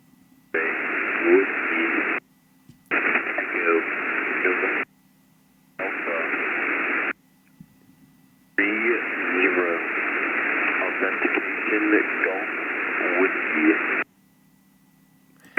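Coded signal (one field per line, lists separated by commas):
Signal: coded military voice message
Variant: Skymaster format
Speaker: they're using that same format as these high priority nuclear codes, but they're not using the same call signs. So let me just play this for you. And what stands out is the message of three groups.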